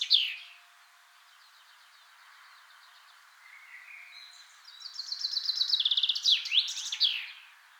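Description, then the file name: Common Chaffinch song: a short opening chirp and faint warbling, then a loud descending trill ending in a sharp flourish. "Fringilla coelebs"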